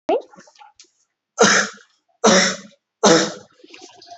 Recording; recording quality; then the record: heavy voluntary cough; excellent, no background noise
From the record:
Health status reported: COVID-19 positive, moderate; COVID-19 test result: positive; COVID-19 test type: RT-PCR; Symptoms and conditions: diabetes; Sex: male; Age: 48 years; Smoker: yes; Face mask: not worn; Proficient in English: yes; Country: India